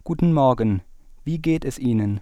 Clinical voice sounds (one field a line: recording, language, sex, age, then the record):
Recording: spoken sentence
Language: German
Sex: male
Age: 20 to 29 years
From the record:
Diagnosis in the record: healthy voice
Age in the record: 21 years